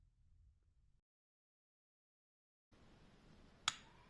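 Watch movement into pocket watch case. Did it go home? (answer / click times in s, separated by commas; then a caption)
yes / 3.7 s. The hinged movement of a verge fusee pocket watch is pressed down into its metal case until the spring catch compresses. A faint low rumble in the first second gives way to silence, then low background noise returns at 2.7 s. A single sharp click at 3.7 s marks the catch snapping into place and the movement seating in the case.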